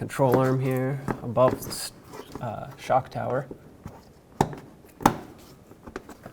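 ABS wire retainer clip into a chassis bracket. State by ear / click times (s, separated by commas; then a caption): seated / 4.4 s, 5.1 s. Someone talks while the plastic retainer clip on the ABS wire of a 1997–2003 Ford F-150, routed behind the control arm and above the shock tower during a front wheel bearing hub replacement, is pushed into its mounting hole in the bracket. Sharp clicks land at 4.4 s and 5.1 s, followed by a few fainter taps. The clip is seated.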